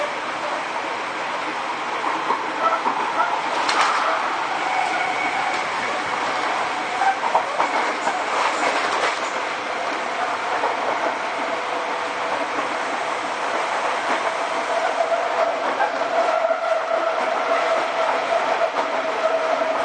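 Riding aboard a commuter train between Ebina and Yokohama, a steady, dense rumble of wheels and motors fills the car. A thin motor whine rises and holds in the later half, with brief rattling bursts around four and nine seconds.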